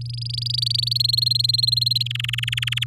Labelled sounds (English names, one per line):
Domestic Canary song